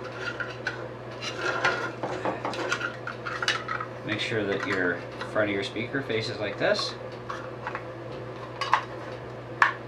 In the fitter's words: it'll just push and click into place.